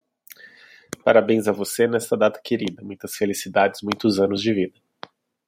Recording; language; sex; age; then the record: short text; Brazilian Portuguese; male; 30 to 39 years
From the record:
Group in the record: control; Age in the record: 38 years